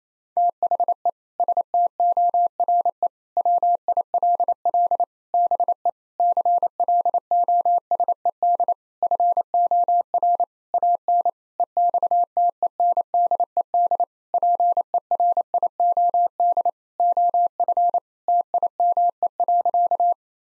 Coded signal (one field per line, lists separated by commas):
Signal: Morse code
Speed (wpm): 28 wpm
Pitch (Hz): 700 Hz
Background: none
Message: THE STORE WILL BE CLOSED FOR AN EXTENDED PERIOD OF TIME.